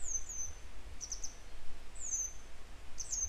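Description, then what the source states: Grey wagtail calling with sharp, high, falling notes, several short bursts about a second apart, over soft background hiss and low rumble. A pair still searching for their young today; follow-up to an earlier recording.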